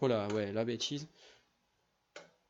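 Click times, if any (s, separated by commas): 2.2 s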